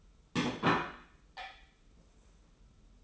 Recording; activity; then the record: daily activity, microphone in the room; place plate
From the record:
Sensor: 1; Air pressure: 994.4 hPa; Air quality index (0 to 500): 217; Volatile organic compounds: 1000 ppm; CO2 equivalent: 7750 ppm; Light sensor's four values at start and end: 59/130/59/62 and 60/130/59/62